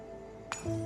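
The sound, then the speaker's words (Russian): A single sharp clink of a wine glass, dropped while being filled with wine, rings out over a low steady hum, followed by a brief lingering tonal resonance. “Пытаясь наполнить бокал, Джоан его роняет.”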